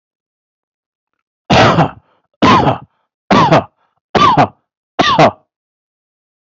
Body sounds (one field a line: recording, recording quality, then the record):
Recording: heavy voluntary cough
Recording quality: excellent, no background noise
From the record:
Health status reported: healthy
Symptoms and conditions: hypertension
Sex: male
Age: 47 years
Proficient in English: yes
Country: India